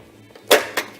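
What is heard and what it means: A garage ceiling light fixture or tube is pressed into its ceiling mounting clips, one end at a time. A soft tap comes first, then two sharp snaps at 0.5 and 0.8 seconds as the fixture seats in the clips.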